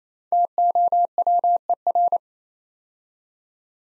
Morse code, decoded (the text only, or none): TOWER